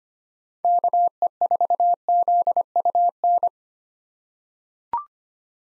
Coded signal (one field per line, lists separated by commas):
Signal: Morse code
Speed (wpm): 25 wpm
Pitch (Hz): 700 Hz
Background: none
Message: KE4ZUN